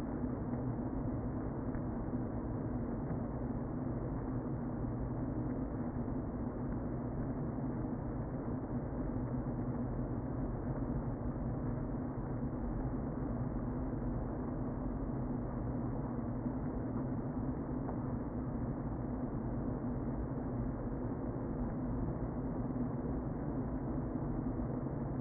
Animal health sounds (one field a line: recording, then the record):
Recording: honeybee colony, microphone inside the hive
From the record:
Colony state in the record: queen present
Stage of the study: before two queens were removed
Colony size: about 60,000 bees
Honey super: yes